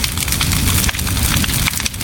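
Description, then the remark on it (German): A bonfire crackles steadily on a summer solstice night, with people standing in a ring around it: a dense hiss of snapping and popping with a few sharper cracks standing out, fairly loud and continuous with no voices. “Wir stehen hier gemeinsam mit ihnen zur Sonnenwendnacht im Ring um das Feuer und halten wach.”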